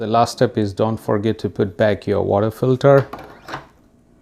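Someone talks while handling the charcoal water filter holder, bringing it back toward its mount inside the plastic water tank of a Breville Barista Pro espresso machine after descaling. A brief sharp sound comes near 3.5 s as the speech ends, but the filter has not seated or clicked into the tank yet.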